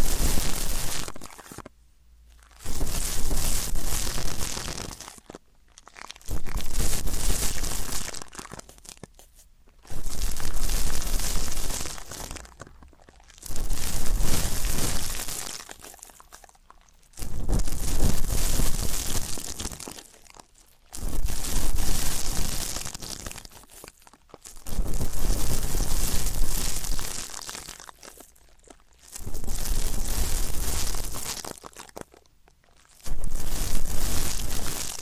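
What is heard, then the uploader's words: Ear cleaning sounds arrive in repeated scratchy, crackling bursts, each lasting two to three seconds and separated by short silences, about every three and a half seconds. The rustling is dense and bright, with a faint low rumble underneath. ASMR Deep Ear Canal & Eardrum Cleaning (No Talking).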